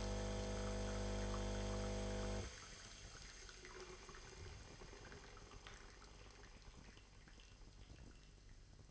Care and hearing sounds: daily activity, microphone in the room; make coffee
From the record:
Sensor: 4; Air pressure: 1008.2 hPa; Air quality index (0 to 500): 109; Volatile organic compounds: 1 ppm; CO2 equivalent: 805 ppm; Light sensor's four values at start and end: 12/26/11/11 and 12/25/10/11

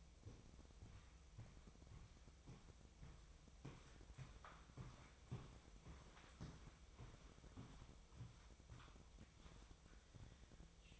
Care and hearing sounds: daily activity, microphone in the room; walk to room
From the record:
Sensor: 1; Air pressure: 999.4 hPa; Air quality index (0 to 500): 198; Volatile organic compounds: 40 ppm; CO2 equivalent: 3147 ppm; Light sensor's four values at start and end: 9/23/9/10 and 9/22/8/9

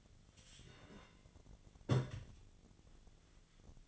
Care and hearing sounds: daily activity, microphone in the room; take from stove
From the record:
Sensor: 4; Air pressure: 1010.8 hPa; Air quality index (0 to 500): 170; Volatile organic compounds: 5 ppm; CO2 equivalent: 1729 ppm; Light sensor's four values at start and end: 39/111/44/45 and 38/109/44/45

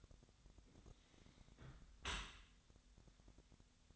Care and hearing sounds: daily activity, microphone in the room; close dishwasher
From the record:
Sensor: 3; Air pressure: 1006.7 hPa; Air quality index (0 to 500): 208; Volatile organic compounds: 19 ppm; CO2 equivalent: 2653 ppm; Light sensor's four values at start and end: 10/24/10/10 and 10/24/10/10

